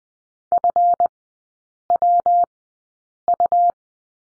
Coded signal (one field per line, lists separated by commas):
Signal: Morse code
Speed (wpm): 20 wpm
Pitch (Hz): 700 Hz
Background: none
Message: FWU